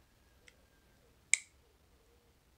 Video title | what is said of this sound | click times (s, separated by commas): Fällkniven PXL 3G folding knife - hands on review | and it's it's strong it's there's no wobble or anything and it clicks into places watch it click | 1.3 s